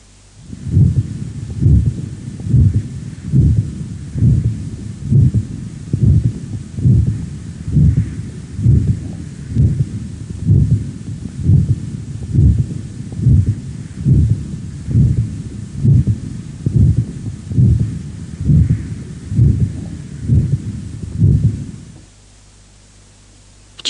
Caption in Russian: Самостоятельный систолический шум на легочной артерии выслушивается редко. При этом, чаще всего, он является функциональным, так как связан с несоответствием объемной скорости кровотока и просвета этого сосуда. Систолический шум в третьей точке аускультации у здорового молодого пациента с вегетососудистой дистонией.